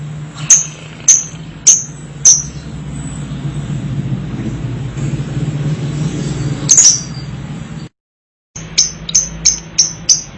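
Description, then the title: Lovebird chirps, four evenly spaced high notes, a pause with low rumbling, one more chirp, then a quick run of six chirps after a brief dropout. Training audio for juvenile and young lovebirds. "MASTERAN KHUSUS UNTUK LOVEBIRD PAUD DAN MUDA"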